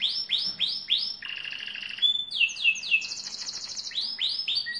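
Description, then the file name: Lizard canary song: rapid sweeping notes repeated in runs, then buzzy rolling trills and clear high whistles, varied and continuous, with a faint low hum underneath. "canto do canario lizard"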